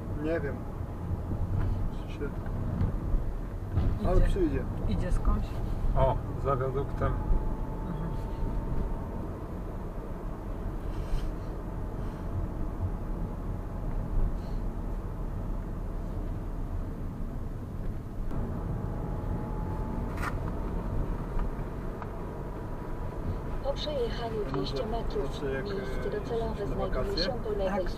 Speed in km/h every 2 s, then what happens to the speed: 33, 32, 31, 33, 36, 36, 34, 33, 32, 34, 37, 40, 42, 41.
0-17 steady at about 33. 17-24 speeds up to 42.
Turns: none.